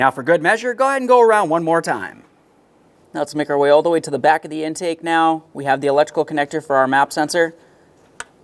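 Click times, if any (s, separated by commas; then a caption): 8.2 s. Someone talks while working on a 2015-2020 Ford F-150 3.5L V6, then a plastic electrical connector is pressed onto the MAP sensor at the back of the intake. A single sharp click is heard at 8.2 seconds as the connector seats.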